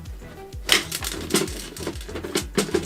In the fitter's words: ça se verrouille et un léger jeu au niveau des remontées